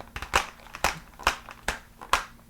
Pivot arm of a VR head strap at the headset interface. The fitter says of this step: they kind of Click into place instead of just moving you could hear and hopefully you could see that there